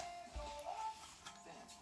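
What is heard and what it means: A 12 gauge shotgun barrel is handled at the receiver as it is slid in to be pulled up until it clicks into place, with music playing over faint handling noises and a small knock at about 1.3 s. Nothing has seated or clicked yet.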